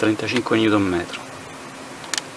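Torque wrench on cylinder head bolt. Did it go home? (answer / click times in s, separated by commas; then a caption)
yes / 2.1 s. A torque wrench set to 35 N·m tightens cylinder head bolt #1 on a Honda Goldwing GL1000 motorcycle engine for the first time. Someone talks briefly, then a single sharp click rings out at 2.1 s as the wrench reaches its setting.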